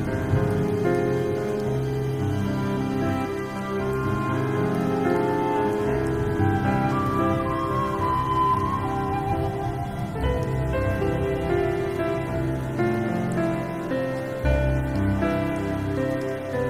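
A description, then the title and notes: A steady, dense soundtrack of sustained low chords and layered tones, with a brighter melodic line gliding upward around the middle, at an even level. Original sound tracks with rain.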